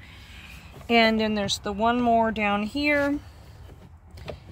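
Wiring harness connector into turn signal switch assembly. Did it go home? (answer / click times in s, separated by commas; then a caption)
yes / 4.2 s. A second wiring harness connector is pushed into a new plastic turn signal switch assembly on the steering column of a Ford F-150 while someone talks. After the talking stops, a short, sharp click at 4.2 s marks the plug clipping into place, seated like the first one.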